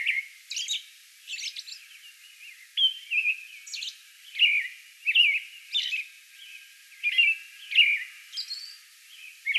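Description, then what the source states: American robin caroling: slurred whistled phrases repeated steadily, with high thin notes between them. Song bout recorded on May 11.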